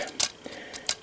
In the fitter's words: i mean you can hear there's like kind of a little click but it's not very secure uh